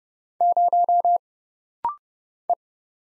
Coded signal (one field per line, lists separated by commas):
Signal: Morse code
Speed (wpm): 30 wpm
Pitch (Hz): 700 Hz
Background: none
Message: 0 E